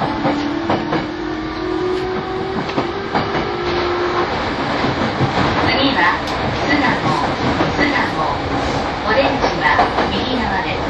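An E231 Yamanote Line train runs with a steady dense rumble, a humming motor tone fading after four seconds, and scattered rail clicks.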